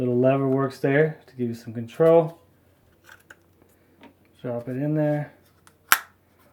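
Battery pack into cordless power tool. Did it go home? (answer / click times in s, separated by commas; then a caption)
yes / 5.9 s. Someone talks while a battery pack is dropped into the battery slot of a DeWalt FlexVolt cordless power tool and pushed home, with a few faint ticks of handling along the way. A sharp, loud click at 5.9 s marks the pack locking into place, fully seated.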